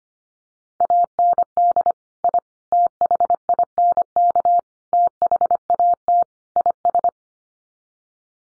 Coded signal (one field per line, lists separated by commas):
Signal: Morse code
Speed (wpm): 25 wpm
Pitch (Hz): 700 Hz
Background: none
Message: AND I THINK THAT IS